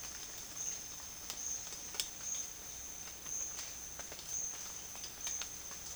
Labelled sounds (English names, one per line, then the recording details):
none
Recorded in secondary vegetation near Puerto Asís, Putumayo, Colombia, on 30 June 2025 at 12:30
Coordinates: 0.485, -76.322
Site GP06